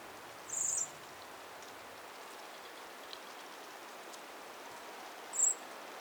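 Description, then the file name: Eurasian blackbird uttering two high, thin 'tseee' calls, one near the start and one near the end, against a constant hiss. "Turdus merula"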